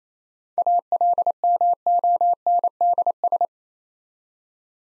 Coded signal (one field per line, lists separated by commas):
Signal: Morse code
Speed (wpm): 28 wpm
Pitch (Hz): 700 Hz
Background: none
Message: ALMONDS